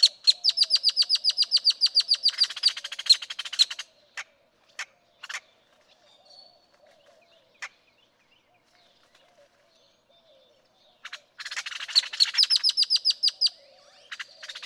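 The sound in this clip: Great-tailed grackle song opening with a rapid mechanical rattle, then scattered sharp clacks, and another long rattling burst near the end.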